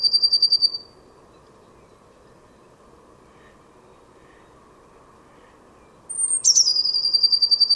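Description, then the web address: Bird call: a rapid pulsed trill at the start, silence, then a high thin whistle dropping into another fast, fluttering trill. "cianscape birddata Deverinetal 2025 Bird Only Cy Ca"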